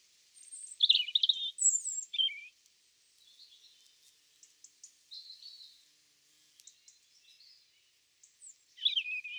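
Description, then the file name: European robin song: high, thin warbled phrases with sweeping whistles and short trills, separated by quieter twittering passages and brief pauses. "Erithacus rubecula"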